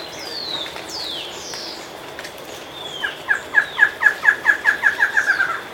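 Bird calls: a few high, falling whistled slurs, then a quick run of about twelve sharp repeated notes that quicken slightly toward the end.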